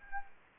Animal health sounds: mosquito wingbeat signal from an infrared sensor; Anopheles arabiensis

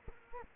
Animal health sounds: mosquito wingbeat signal from an infrared sensor; Culex quinquefasciatus

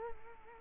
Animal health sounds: mosquito wingbeat signal from an infrared sensor; Culex quinquefasciatus

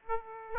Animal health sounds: mosquito wingbeat signal from an infrared sensor; Aedes aegypti

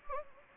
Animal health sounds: mosquito wingbeat signal from an infrared sensor; Anopheles gambiae

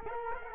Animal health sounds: mosquito wingbeat signal from an infrared sensor; Culex quinquefasciatus

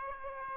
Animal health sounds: mosquito wingbeat signal from an infrared sensor; Aedes aegypti

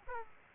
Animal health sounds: mosquito wingbeat signal from an infrared sensor; Aedes aegypti

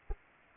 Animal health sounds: mosquito wingbeat signal from an infrared sensor; Anopheles arabiensis

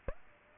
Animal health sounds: mosquito wingbeat signal from an infrared sensor; Aedes aegypti

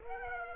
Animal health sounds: mosquito wingbeat signal from an infrared sensor; Aedes aegypti

